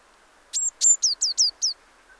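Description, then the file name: Eurasian blue tit giving a quick run of six high, thin notes, each slurring downward, about a second long, over a faint steady background hiss. "Cyanistes caeruleus"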